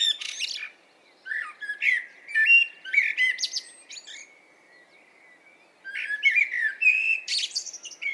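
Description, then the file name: Common blackbird song with rich, fluty descending and rising notes in a long phrase, then a fresh phrase ending in sharp high squeaks. "Turdus merula"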